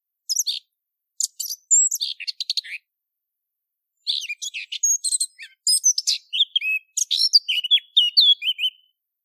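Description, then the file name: Eurasian blackcap song: quick, high scratchy warbling phrases. A short burst and a scratchy run come first, then a pause, then a longer, richer run ending in clearer whistled notes. "capinera"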